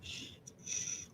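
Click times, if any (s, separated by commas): 0.5 s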